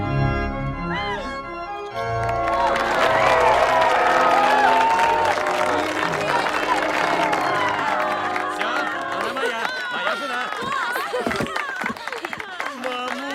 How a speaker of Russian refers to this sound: Все аплодируют и радуются.